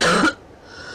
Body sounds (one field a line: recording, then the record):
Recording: coughing mixed with background sound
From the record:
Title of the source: female coughing - coughing sound effects girl